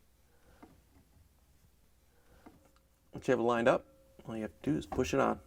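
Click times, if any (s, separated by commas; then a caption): none. A washer dispenser tube is held and lined up on a GE dispenser seal (WH41X10119) so the seal's recess matches the tab, before being pushed on. Faint handling taps are heard around 0.6, 2.5 and 2.8 seconds, then someone talks from about 3.1 seconds. Nothing has seated or clicked yet.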